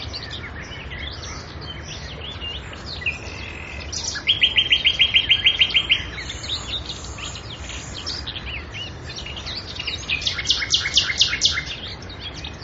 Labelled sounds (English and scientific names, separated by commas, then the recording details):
Common Nightingale (Luscinia megarhynchos) song
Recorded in the wild
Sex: male
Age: adult
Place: Karower Teiche, Naturpark Barnim, Berlin, DE
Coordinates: 52.6222, 13.46
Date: 1993-05-12
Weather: sunny, 25°C
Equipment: Aiwa HD-S1, Sennheiser MKH 70
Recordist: Frommolt, Karl-Heinz